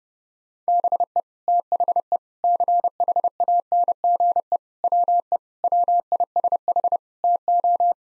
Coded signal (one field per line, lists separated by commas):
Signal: Morse code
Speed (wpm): 30 wpm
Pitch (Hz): 700 Hz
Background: none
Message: BE THE CHANGE WE WISH TO